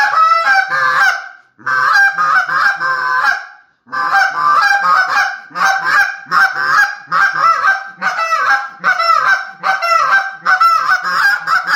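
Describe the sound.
Goose calls: loud, braying honks in dense repeated bursts, with two short silences early on, then steady honking to the end.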